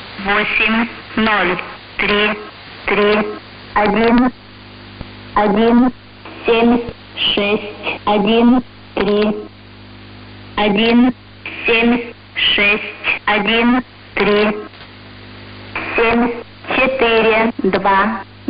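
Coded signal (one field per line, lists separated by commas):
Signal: numbers station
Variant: S06s, Russian female voice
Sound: female voice reading short evenly spaced words in Russian, with brief pauses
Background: radio hum and static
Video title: 21 01 2022 Number station S06s Russian Lady in Russian to Eu 0840 on 12153 unknown tx site in CUSB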